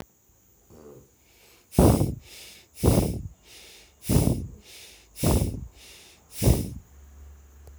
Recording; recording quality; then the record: shallow breathing; excellent, no background noise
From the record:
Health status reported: healthy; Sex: male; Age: 55 years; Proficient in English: yes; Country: India